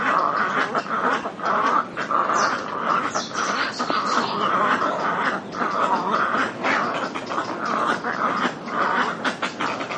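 Little egret rough, gargled croaks from a crowded group, overlapping constantly in a steady, noisy chatter throughout.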